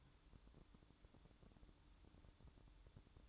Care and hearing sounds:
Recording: daily activity, microphone in the room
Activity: take from stove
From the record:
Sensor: 3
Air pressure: 1008.0 hPa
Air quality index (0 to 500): 116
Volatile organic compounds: 1 ppm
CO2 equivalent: 964 ppm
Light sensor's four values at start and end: 8/20/8/8 and 8/20/8/8

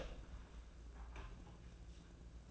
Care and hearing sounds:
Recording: daily activity, microphone in the room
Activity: open door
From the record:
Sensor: 2

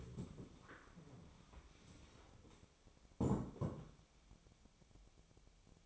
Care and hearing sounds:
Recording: daily activity, microphone in the room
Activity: stand up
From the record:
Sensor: 1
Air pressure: 1000.4 hPa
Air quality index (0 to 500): 175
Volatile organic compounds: 4 ppm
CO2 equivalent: 1621 ppm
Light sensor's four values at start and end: 11/27/11/13 and 12/28/11/13

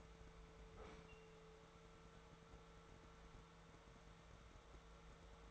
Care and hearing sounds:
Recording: daily activity, microphone in the room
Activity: open fridge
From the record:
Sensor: 3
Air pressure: 1014.8 hPa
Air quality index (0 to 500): 198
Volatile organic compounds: 27 ppm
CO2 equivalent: 2886 ppm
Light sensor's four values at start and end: 12/30/12/12 and 12/29/12/12

